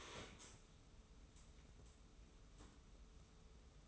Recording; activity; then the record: daily activity, microphone in the room; stand up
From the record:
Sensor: 1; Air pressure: 994.4 hPa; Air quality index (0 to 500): 220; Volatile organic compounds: 1000 ppm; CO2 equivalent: 7871 ppm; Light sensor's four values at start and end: 124/282/126/138 and 123/279/126/137